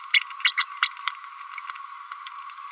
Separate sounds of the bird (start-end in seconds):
0.13-0.21, 0.44-0.52, 0.57-0.65